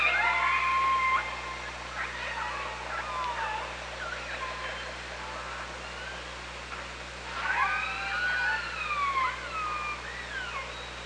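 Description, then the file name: Killer whale calls in a loose chorus: looping, rising and falling harmonic calls, a quieter stretch, then a fresh burst of arching calls near the end. OrcaLab hydrophone at Parson Island, 24 August 2017, 15:35. "Orca Lab UTLN 20170824 153516 h 3 PI ORCALABDYNI"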